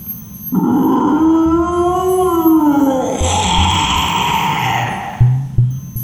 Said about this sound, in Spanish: Y de repente escuché el rugido de un dragón.